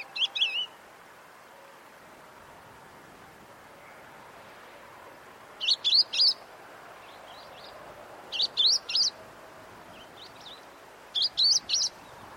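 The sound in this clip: Bird giving several clusters of three or four quick, high chirps, separated by pauses, against a steady hiss.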